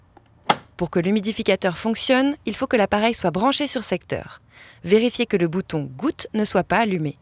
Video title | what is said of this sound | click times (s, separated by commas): Ta Prismavent 40® en vidéo | glissez délicatement l'humidificateur rempli dans son emplacement jusqu'à endre le claque pour | 0.5 s